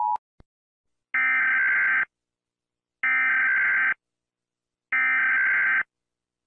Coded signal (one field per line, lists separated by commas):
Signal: Emergency Alert System (SAME) tones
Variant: header bursts